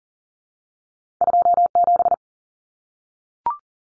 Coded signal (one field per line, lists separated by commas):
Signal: Morse code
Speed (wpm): 40 wpm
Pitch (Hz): 700 Hz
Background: none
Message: 27